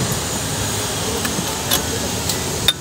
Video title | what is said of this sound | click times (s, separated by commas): Fire Safety Video KGMU | इसको मैं ढाबा के इसमें पुश कर देना ये लॉक हो जाता है ठीक है और | 2.7 s